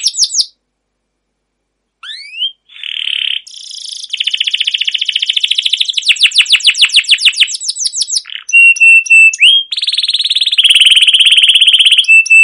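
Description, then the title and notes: Canary song: rapid trills and rolling buzzy phrases high in pitch, with upward-sweeping whistled notes and a short pause near the start, then steady fast repeated notes. Used as a lure (pancingan) for other canaries; song described as chirping 'cuit cuit', rolling (ngerol) and long-running (gacor panjang). "CUIT CUIT NGEROL LANGSUNG GACOR PANJANG Kenari Ini AMPUH Utk Pancingan KENAR. burung kenari"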